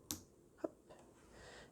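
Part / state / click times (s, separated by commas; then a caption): plastic bobbin onto sewing machine bobbin-winder spindle / seated / 0.1 s. A plastic sewing-machine bobbin is pushed down onto the bobbin-winder spindle on top of the machine until it seats. A sharp, bright click at 0.1 s marks it snapping into place, followed by a softer, lower tap at 0.65 s.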